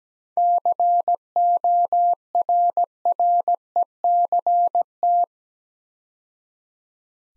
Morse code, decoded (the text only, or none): CORRECT